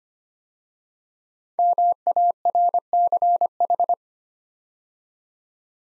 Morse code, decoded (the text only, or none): MARCH